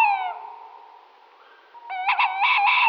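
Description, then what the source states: Tawny owl hooting: a long, drawn-out hoot, then louder wavering notes rich in overtones. Slovenia.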